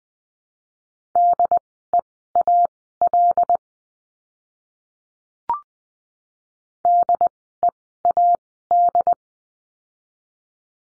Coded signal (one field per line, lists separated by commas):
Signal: Morse code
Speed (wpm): 20 wpm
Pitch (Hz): 700 Hz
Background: none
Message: DEAL DEAD